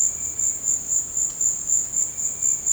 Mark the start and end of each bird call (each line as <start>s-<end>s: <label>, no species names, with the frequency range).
0.00s-0.76s: bird call (1.5-2.8 kHz)
1.92s-2.66s: bird call (1.4-3.0 kHz)